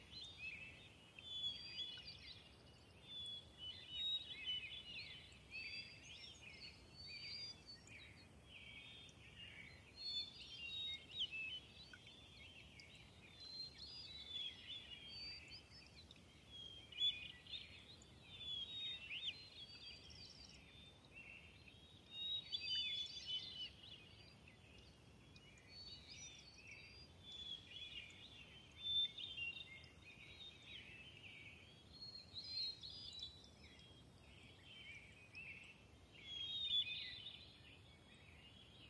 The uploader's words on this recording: Thirtymile Meadows is a wet, subalpine meadow high in the Okanogan National Forest. When I visited in the Summer of 2019 I was never certain where the next morning's dawn chorus would arrive from. Unfortunately, one of my microphones failed overnight, and I ended up with a lopsided recording.